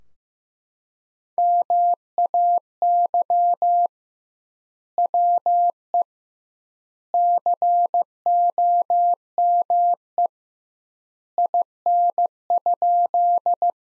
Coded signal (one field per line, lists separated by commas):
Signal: Morse code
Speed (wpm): 16 wpm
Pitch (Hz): 700 Hz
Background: none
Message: MAY WE COME IN?